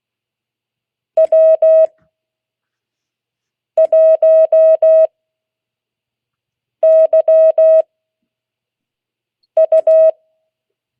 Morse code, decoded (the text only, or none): W1YU